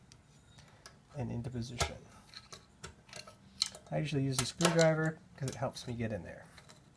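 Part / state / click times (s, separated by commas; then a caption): snap ring into the rear servo bore groove of an automatic transmission / not seated / none. A steel snap ring is worked around and pushed down with a screwdriver toward the groove of the rear servo bore in a 42RE automatic transmission, with light metallic taps and scrapes as someone talks. The ring has not snapped into the groove yet; nothing has seated.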